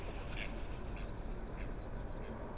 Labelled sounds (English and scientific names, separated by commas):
Mallard (Anas platyrhynchos)